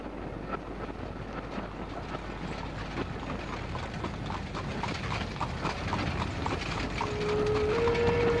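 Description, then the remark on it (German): Horse hooves clip-clop in a steady, brisk rhythm as the horses are urged on, drawing a carriage toward a train; the clatter sits over a constant rumbling, windy background noise that grows slightly louder toward the end. “Schnell, schnell, treiben Sie Ihre elenden Gäule an.”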